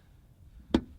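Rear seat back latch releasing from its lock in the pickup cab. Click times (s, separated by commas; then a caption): 0.8 s. The rear seat-back latch in the cab of a 2017-2019 F250 pickup releases when the small factory release lever on the side of the seat is lifted, during a BuiltRight Industries release install. After faint low background noise, the latch unlocks with a single short, sharp click at 0.8 s. The seat back is then free to be pulled down.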